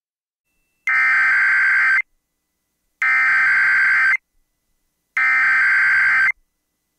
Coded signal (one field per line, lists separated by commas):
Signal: Emergency Alert System (SAME) tones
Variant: header bursts